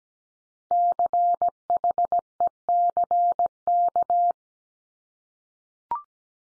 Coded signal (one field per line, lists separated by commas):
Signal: Morse code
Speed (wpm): 17 wpm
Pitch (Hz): 700 Hz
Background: none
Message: CHECK